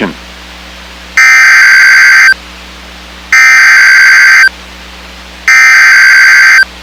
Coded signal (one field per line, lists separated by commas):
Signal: Emergency Alert System (SAME) tones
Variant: header bursts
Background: speech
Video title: Double Header: DE And NJ SVR And MD SMW EAS #705-706